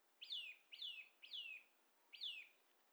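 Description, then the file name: Eurasian nuthatch calls: four clear descending notes, each sliding down from high to mid pitch, spaced about half a second apart with a longer gap before the last. "Sitta europaea"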